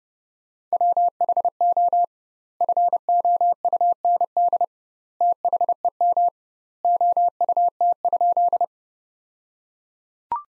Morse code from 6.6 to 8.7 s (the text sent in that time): OUT?